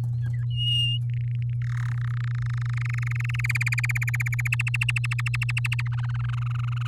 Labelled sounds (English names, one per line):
Domestic Canary song